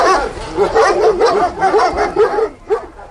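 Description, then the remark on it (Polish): A dog at an animal shelter in Melbourne, Australia, barks in a rapid, steady string of loud, mid-pitched barks, then falls briefly quiet before letting out one last sharp bark. “Ja uwielbiam pracować, zwłaszcza z agresywnymi psami.”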